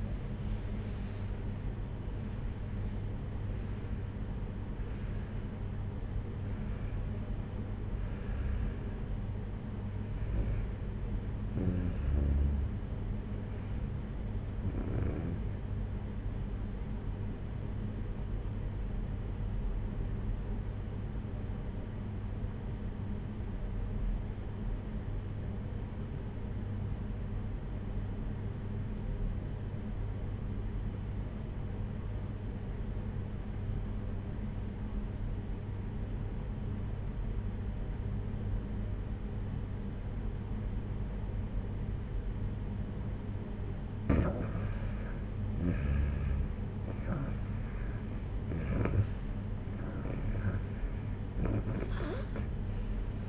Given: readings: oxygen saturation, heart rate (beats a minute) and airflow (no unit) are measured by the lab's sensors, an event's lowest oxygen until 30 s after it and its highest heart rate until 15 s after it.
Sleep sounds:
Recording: breathing in sleep by a smartphone at the bedside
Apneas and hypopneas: 1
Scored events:
17.00-44.80 s: obstructive apnea (REM, oxygen 96% highest, then 87% lowest, heart rate 59 at the start, 73 highest)
From the record:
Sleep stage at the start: REM sleep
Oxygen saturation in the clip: 88 to 96%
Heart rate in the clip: 56 to 75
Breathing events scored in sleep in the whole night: 226 in 8.8 hours asleep

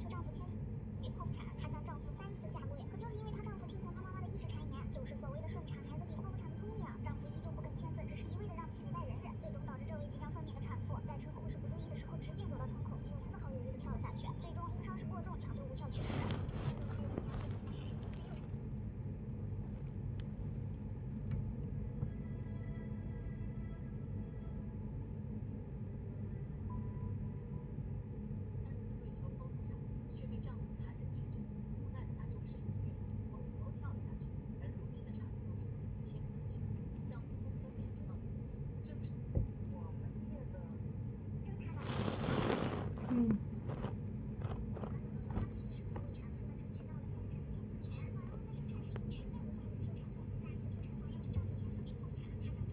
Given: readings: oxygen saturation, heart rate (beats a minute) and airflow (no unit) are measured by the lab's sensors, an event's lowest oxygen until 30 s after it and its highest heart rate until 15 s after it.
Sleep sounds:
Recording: a person awake in a sleep study, by a smartphone at the bedside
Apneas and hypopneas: none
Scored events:
0.00-52.73 s: awake
0.00-52.73 s: awake
From the record:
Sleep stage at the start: awake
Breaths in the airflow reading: 19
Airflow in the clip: -0.7 to 0.6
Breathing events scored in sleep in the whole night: 496 in 5.4 hours asleep

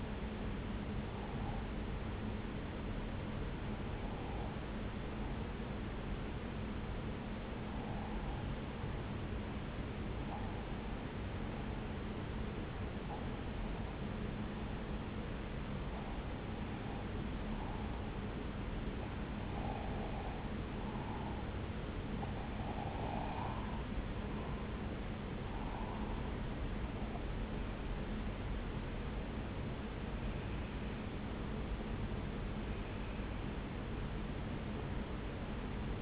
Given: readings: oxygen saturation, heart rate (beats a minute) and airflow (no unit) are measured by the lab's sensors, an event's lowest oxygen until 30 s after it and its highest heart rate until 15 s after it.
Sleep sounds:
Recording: breathing in sleep by a voice recorder at the bedside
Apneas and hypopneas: 1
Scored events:
3.00-26.60 s: hypopnea (N1, oxygen 96% highest, then 92% lowest)
From the record:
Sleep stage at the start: N1 (lightest sleep)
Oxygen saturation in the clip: 92 to 96%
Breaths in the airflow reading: 12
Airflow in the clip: -4.3 to 4.3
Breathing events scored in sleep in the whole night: 335 in 6.7 hours asleep

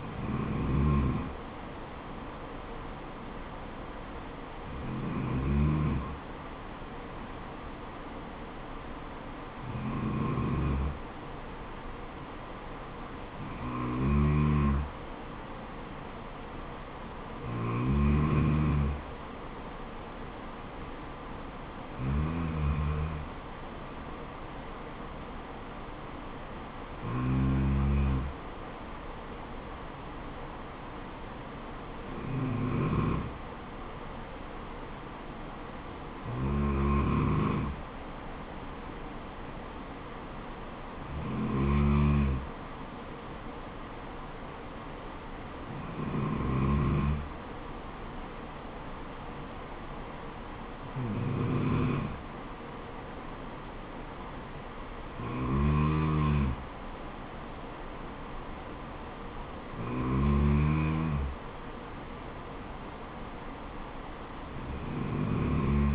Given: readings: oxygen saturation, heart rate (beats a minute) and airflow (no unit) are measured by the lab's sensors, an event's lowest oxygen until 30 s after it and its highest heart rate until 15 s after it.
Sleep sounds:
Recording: breathing in sleep by a voice recorder at the bedside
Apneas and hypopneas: none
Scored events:
none scored
From the record:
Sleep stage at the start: N2 (light sleep)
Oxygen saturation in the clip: 93 to 94%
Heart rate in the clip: 67 to 76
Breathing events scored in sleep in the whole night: 426 in 7.4 hours asleep

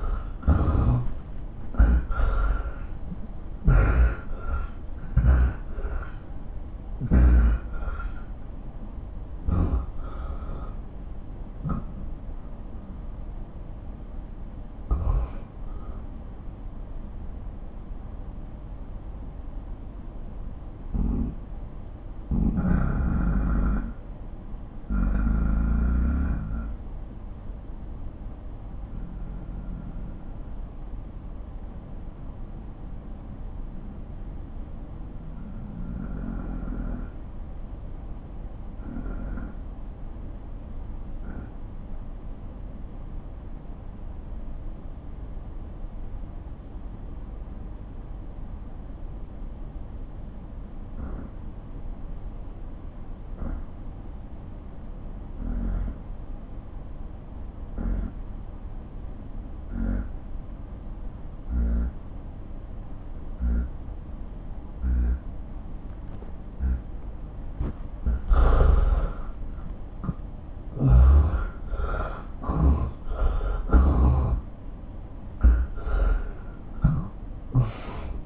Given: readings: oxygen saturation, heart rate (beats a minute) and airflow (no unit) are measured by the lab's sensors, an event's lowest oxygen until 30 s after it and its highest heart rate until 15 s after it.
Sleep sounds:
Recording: breathing in sleep by a smartphone at the bedside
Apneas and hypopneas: 1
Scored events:
12.00-68.60 s: obstructive apnea (N1, oxygen 96% highest, then 84% lowest)
17.00-47.00 s: new sleep stage, N2 (light sleep)
47.00-78.26 s: new sleep stage, N1 (lightest sleep)
From the record:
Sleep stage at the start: N1 (lightest sleep)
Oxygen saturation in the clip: 79 to 96%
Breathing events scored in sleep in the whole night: 217 in 6.3 hours asleep

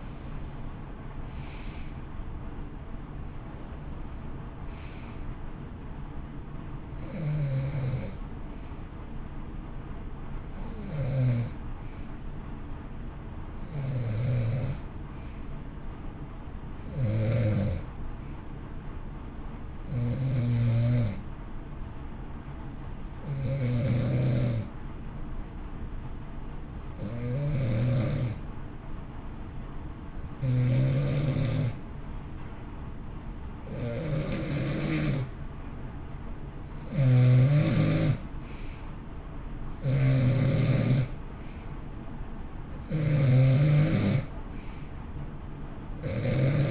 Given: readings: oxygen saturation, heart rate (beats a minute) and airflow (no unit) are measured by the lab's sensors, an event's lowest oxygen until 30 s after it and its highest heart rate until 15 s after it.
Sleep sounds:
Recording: breathing in sleep by a smartphone at the bedside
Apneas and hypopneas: 1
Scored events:
21.00-36.10 s: hypopnea (N2, oxygen 93% highest, then 87% lowest, heart rate 60 at the start, 66 highest)
From the record:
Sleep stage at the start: N2 (light sleep)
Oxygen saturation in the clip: 87 to 93%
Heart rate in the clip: 56 to 68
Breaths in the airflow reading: 14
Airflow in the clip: -12.4 to 10.8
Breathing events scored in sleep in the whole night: 328 in 6.3 hours asleep

